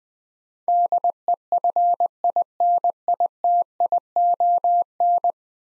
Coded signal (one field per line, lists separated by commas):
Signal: Morse code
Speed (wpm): 20 wpm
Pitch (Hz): 700 Hz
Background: none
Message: DEFINITION